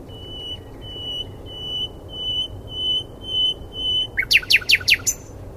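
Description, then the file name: Common nightingale giving a series of pure, even whistled notes about every half second, then a short burst of fast, sharp rattling chirps near the end. "Luscinia megarhynchos"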